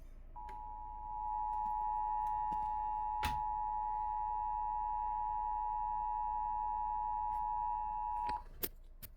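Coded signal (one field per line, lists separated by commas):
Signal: Emergency Alert System (SAME) tones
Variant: 853 and 960 Hz attention tone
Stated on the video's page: Severe thunderstorm warning aired on a PBS television station.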